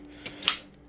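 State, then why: Seated. A non-swivel handle is pushed onto the extension wand of a Shark Rotator Lift-Away ADV (LA500) DuoClean PowerFins vacuum. A faint tick at 0.3 s comes first, then a sharp, bright click at 0.5 s as the handle seats on the wand. The handle clicks into place.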